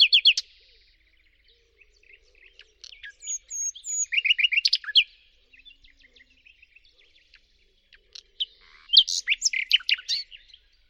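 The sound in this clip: Bird singing in phrases of quick high chirps and downslurred whistles, loud bursts separated by quieter twittering and pauses.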